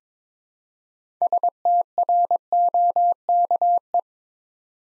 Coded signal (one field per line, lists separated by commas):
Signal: Morse code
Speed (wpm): 22 wpm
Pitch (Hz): 700 Hz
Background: none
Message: STROKE